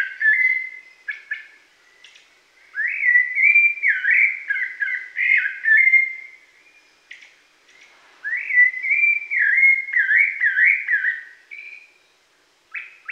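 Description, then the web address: Rufous-bellied thrush song of mellow whistled phrases delivered in bursts, each run of rising and falling slurred notes separated by short gaps. Pantanal, Brazil. "sescpantanal. Sabia laranjeira"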